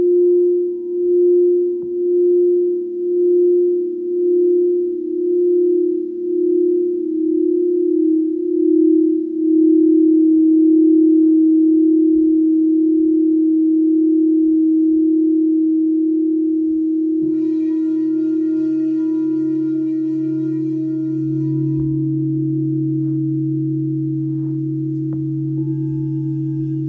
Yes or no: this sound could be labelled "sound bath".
yes